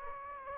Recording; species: mosquito wingbeat signal from an infrared sensor; Anopheles gambiae